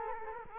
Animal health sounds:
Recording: mosquito wingbeat signal from an infrared sensor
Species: Culex quinquefasciatus

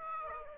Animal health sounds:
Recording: mosquito wingbeat signal from an infrared sensor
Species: Aedes aegypti

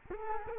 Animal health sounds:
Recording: mosquito wingbeat signal from an infrared sensor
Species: Culex quinquefasciatus

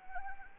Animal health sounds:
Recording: mosquito wingbeat signal from an infrared sensor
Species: Anopheles arabiensis

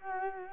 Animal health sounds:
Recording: mosquito wingbeat signal from an infrared sensor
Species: Culex quinquefasciatus

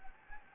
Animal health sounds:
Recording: mosquito wingbeat signal from an infrared sensor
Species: Anopheles gambiae

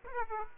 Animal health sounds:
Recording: mosquito wingbeat signal from an infrared sensor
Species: Aedes aegypti

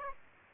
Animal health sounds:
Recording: mosquito wingbeat signal from an infrared sensor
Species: Aedes aegypti

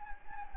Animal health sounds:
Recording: mosquito wingbeat signal from an infrared sensor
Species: Anopheles gambiae

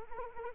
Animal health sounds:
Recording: mosquito wingbeat signal from an infrared sensor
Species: Anopheles arabiensis

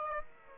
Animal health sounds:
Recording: mosquito wingbeat signal from an infrared sensor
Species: Aedes aegypti

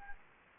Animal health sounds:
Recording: mosquito wingbeat signal from an infrared sensor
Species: Anopheles gambiae

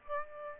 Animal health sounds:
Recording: mosquito wingbeat signal from an infrared sensor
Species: Aedes aegypti

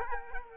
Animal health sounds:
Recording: mosquito wingbeat signal from an infrared sensor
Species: Culex quinquefasciatus

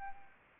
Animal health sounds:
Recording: mosquito wingbeat signal from an infrared sensor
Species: Anopheles arabiensis

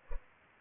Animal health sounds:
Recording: mosquito wingbeat signal from an infrared sensor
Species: Culex pipiens

